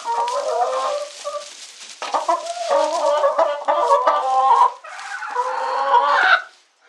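Chicken distress calls: loud, harsh squawking cries, nearly continuous with brief pauses, ending abruptly.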